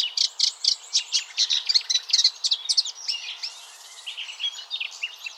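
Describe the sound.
Warbler song opening with quick, high chips, then turning into a softer warbling twitter toward the end.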